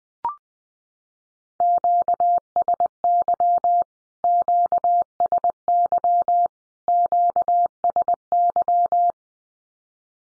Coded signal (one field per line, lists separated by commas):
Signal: Morse code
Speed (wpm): 20 wpm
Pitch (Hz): 700 Hz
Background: none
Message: QSY QSY QSY